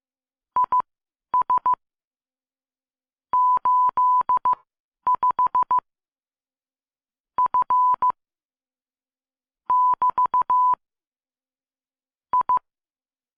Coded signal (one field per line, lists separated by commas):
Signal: Morse code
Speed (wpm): 15 wpm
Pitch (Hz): 1000 Hz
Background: none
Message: IS 85 F <BT> I